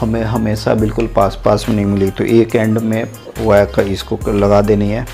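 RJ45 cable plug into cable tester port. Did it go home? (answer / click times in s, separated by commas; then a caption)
no / none. A freshly crimped RJ45 plug on a network cable is being handled toward the port of a cable tester while someone talks over background music. Nothing has seated or clicked into the port yet.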